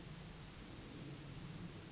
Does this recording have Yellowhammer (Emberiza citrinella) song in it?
no